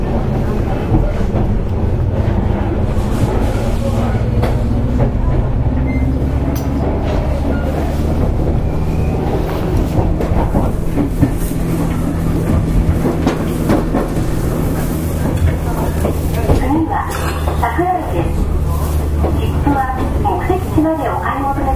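An electric train runs steadily from inside the car, with a constant low rumble and a droning motor hum that slowly shifts in pitch. Rattles and clicks from the wheels and the car come through throughout, and faint voices sit underneath.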